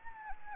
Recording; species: mosquito wingbeat signal from an infrared sensor; Anopheles gambiae